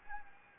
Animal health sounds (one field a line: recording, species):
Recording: mosquito wingbeat signal from an infrared sensor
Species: Anopheles gambiae